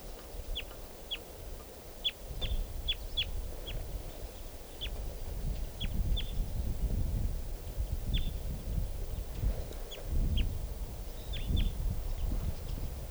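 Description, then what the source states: Crossbill calls: many short, sharp downward notes scattered throughout, over a heavy low rumble. Three crossbills, one in a tree above the car; many crossbills around, only call types 2 and 4 so far; in a gully, at 11:45.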